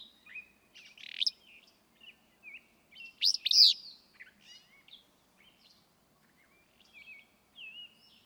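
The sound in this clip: Willow flycatcher song: a raspy burst near 1 second, then a loud buzzy, sneezing phrase around 3.5 seconds, with scattered thin whistled notes.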